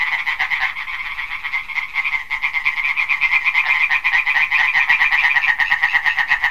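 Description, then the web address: Amphibian: a fast, rattling pulsed trill, steady in pitch, continuing throughout. "amphibien amphibien projekt sounds amphibium"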